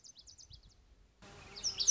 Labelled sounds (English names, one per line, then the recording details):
Lazuli Bunting
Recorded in Sonoma County, California